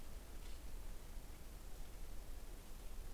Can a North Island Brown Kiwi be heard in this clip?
no